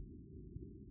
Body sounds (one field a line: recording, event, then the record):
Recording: neck accelerometer signal played as sound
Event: no cough (speech, laughter, throat clearing or background)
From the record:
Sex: male